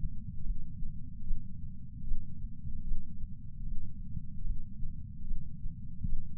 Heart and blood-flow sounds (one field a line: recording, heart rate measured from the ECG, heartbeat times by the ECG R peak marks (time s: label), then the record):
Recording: heart sounds by patch sensor on the chest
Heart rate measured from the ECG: 75 bpm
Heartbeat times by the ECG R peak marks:
0.44 s: heartbeat
1.25 s: heartbeat
2.05 s: heartbeat
2.85 s: heartbeat
3.65 s: heartbeat
4.44 s: heartbeat
5.25 s: heartbeat
6.06 s: heartbeat
From the record:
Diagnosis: coronary artery disease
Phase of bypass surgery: postoperative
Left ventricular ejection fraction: 60%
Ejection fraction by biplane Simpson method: 54%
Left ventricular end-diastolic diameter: 47 mm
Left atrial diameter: 39 mm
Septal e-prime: 8.6 cm/s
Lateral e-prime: 7.5 cm/s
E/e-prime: 10.3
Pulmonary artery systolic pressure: 24 mmHg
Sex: male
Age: 75 years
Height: 168 cm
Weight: 74 kg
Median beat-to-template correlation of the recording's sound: 0.84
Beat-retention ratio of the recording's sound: 0.99